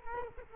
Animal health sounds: mosquito wingbeat signal from an infrared sensor; Culex quinquefasciatus

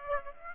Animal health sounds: mosquito wingbeat signal from an infrared sensor; Aedes aegypti

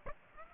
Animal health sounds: mosquito wingbeat signal from an infrared sensor; Aedes aegypti

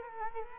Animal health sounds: mosquito wingbeat signal from an infrared sensor; Culex quinquefasciatus

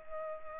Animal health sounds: mosquito wingbeat signal from an infrared sensor; Culex pipiens

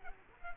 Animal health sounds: mosquito wingbeat signal from an infrared sensor; Culex quinquefasciatus

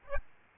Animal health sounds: mosquito wingbeat signal from an infrared sensor; Aedes albopictus

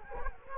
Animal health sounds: mosquito wingbeat signal from an infrared sensor; Culex quinquefasciatus

